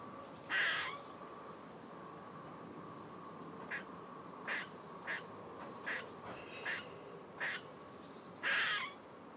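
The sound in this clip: Grey squirrel calls: a harsh rasping note, then a string of short chucks about every seven tenths of a second, ending with another long rasp.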